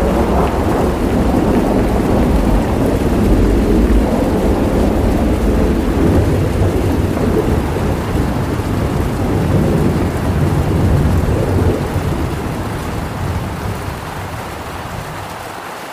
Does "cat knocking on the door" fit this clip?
no